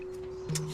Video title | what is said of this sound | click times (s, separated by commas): Buchanon State Forest Camping - Cooking for a Family | I also like this latching mechanism and actually like you can hear it click | 0.6 s